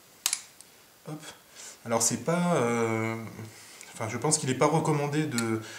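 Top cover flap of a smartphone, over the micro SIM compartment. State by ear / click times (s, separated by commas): released / 0.3 s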